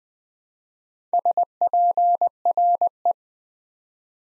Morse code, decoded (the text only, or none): SPRE